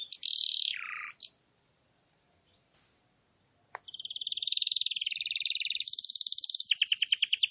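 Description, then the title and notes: Canary song: a short buzzy phrase dropping in pitch, a gap of near silence with a click, then a long steady trill turning into coarse rattling pulses. Long, energetic canary song, used as a lure and tutor recording for wild canaries. "Pikat Kenari GACOR PANJANG INI Cocok Untuk Masteran KENARI LIAR. Masteran burung kenari gacor parah"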